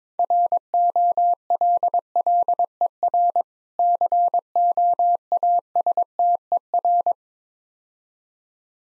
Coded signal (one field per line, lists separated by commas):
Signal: Morse code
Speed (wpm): 23 wpm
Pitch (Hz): 700 Hz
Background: none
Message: ROLLER COASTER